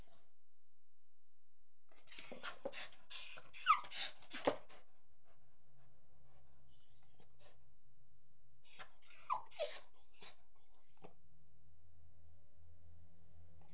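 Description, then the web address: Beagle barking in a tight cluster of sharp, high-edged yelps with thin whining tones, then a quieter pause before another short burst of yelps and a whine. Beagle barking, whining and jumping. "The BBC Sound Effects Library. Beagle barking, whining, and jumping"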